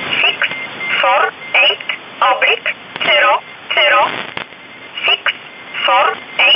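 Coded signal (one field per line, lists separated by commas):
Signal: numbers station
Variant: E11 Oblique, English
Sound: a woman's voice reading short words at a steady pace over radio hiss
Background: radio static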